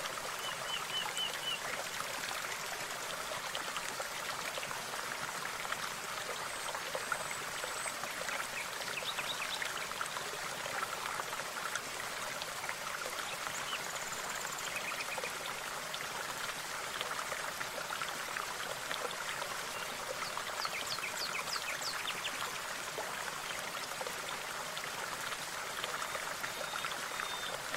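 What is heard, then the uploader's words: A waterfall pours steadily in a forest, a constant bright hiss of falling water with no low rumble. The sound stays even throughout, dense, with faint splashes and trickles flickering in the upper range. Waterfall Serenity In A Dreamy Forest. The mesmerizing sounds of the waterfall echo through the trees.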